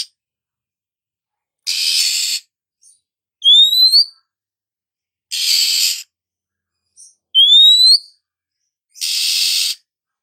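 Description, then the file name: Oriental magpie-robin alternating harsh, buzzy rasping bursts with clear rising whistled slurs, the pattern repeating roughly every four seconds. Female; therapy sound to prompt singing. "Suara Terapi Kacer Betina"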